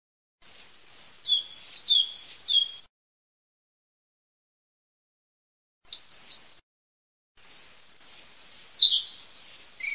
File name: BALIADALCOLLARE